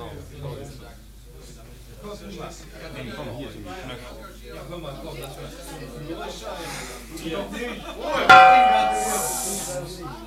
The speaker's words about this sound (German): Mit diesem Gongschlag, bei dem es genau 20 Uhr wurde, 20 Uhr Radiozeit, haben die ersten Sekunden, hat die erste Minute und damit die erste Stunde begonnen von wenigstens 140 Stunden, während ich zu Ihnen sprechen werde, meine Damen und Herren.